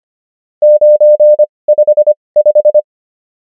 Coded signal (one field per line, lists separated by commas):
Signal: Morse code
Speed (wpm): 25 wpm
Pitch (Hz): 600 Hz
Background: none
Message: 955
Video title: morse code practice | 25wpm | 20fw | numbers | ENGLISH